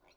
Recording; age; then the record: pig call; piglet (1 to 25 days)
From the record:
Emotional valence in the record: positive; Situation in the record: reunion after long isolation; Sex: female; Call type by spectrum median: low-frequency call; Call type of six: low-frequency tonal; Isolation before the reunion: 8 minutes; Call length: 0.16 s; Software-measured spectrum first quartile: 584 Hz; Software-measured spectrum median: 1592 Hz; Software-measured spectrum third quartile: 3579 Hz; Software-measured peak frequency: 30 Hz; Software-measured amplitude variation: 87 dB a second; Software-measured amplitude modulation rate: 9.4 a second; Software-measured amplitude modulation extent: 9.3 dB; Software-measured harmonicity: 0.4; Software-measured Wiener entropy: -1.53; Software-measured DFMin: 857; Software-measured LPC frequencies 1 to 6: 711, 2375, 4161, 5705, 6747, 8112 Hz